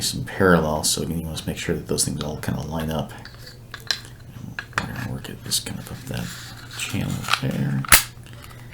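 During reassembly of a Smith & Wesson M&P 9c pistol, the steel slide is lined up parallel with the polymer frame's channel and worked back onto the frame rails while someone talks. Short metallic taps and scrapes are heard as the parts are handled. The slide has not seated or clicked home yet.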